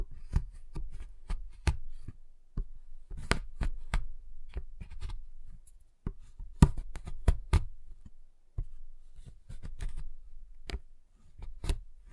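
Tapping and cutting on a giant chocolate bar, with sharp irregular clicks and knocks scattered throughout and dense clusters around the third and seventh seconds. Between hits there are soft low thuds and scraping handling sounds, and brief quiet gaps.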